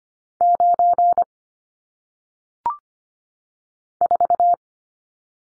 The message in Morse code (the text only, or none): 9 4